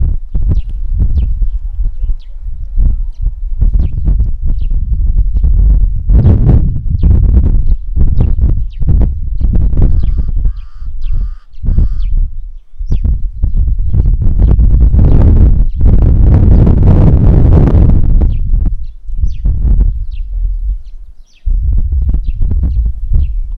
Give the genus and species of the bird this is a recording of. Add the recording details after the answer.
Passer domesticus. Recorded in northern Uganda